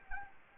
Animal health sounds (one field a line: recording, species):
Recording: mosquito wingbeat signal from an infrared sensor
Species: Anopheles gambiae